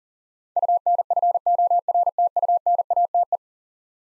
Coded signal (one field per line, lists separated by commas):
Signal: Morse code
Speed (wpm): 40 wpm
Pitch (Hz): 700 Hz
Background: none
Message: UNFORTUNATE